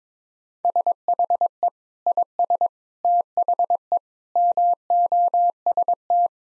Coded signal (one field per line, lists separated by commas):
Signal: Morse code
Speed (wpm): 22 wpm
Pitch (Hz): 700 Hz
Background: none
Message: SHE IS THE MOST